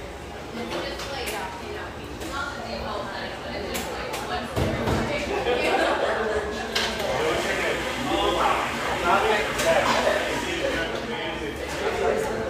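Lively coffeeshop ambience with steady, overlapping chatter from many voices throughout. Sharp clinks and knocks of dishes and utensils punctuate the talk every second or two, with a louder clatter around the fourth and fifth seconds.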